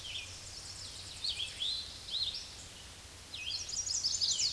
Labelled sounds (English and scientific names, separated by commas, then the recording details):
Red-eyed Vireo (Vireo olivaceus) song
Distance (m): 15 m
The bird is about 10 m above the microphone
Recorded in a Pennsylvania forest on 16 May 2024 at 06:36
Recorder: AudioMoth, point MSD-1419
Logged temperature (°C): 16.9 °C
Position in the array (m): 128 m, 175 m